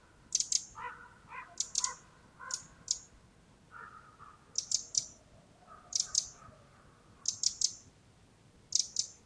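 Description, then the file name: Eurasian wren giving sharp ticks, singly or in short clusters, mixed with lower husky notes and a steady faint hiss. "Troglodytes troglodytes"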